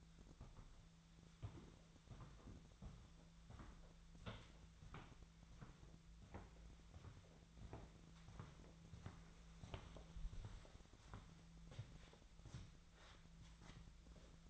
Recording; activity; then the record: daily activity, microphone in the room; walk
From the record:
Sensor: 3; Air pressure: 1008.3 hPa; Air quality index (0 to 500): 191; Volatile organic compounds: 14 ppm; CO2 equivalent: 2450 ppm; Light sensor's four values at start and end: 18/44/19/19 and 18/43/18/19